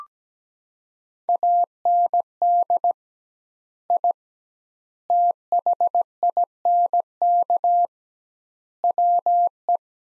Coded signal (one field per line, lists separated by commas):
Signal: Morse code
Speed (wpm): 17 wpm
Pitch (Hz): 700 Hz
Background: none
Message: AND I THINK WE